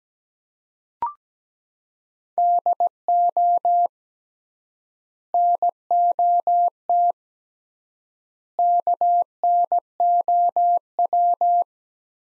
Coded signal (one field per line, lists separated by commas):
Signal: Morse code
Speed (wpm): 17 wpm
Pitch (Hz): 700 Hz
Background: none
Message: DO NOT KNOW